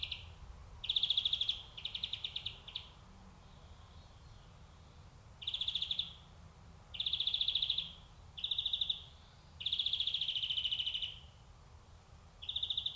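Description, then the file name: European greenfinch repeating harsh buzzy wheezes in a run, some long and drawn out, others shorter, with brief pauses between. "Chloris chloris"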